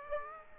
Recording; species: mosquito wingbeat signal from an infrared sensor; Aedes aegypti